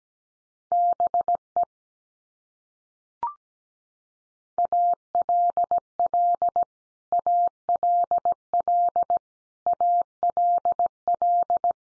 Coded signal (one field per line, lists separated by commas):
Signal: Morse code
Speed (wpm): 17 wpm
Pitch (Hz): 700 Hz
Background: none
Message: BE ALL ALL ALL